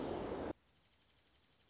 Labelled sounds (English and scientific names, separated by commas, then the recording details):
Dark-eyed Junco (Junco hyemalis)
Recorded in Sonoma County, California